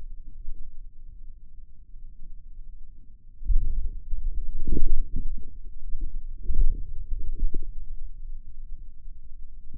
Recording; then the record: forearm muscle sounds (acoustic myography)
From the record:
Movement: wrist flexion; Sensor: system 2, bracelet of six BSWA MPA416 microphones around the upper forearm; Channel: 4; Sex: male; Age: 22 years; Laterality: right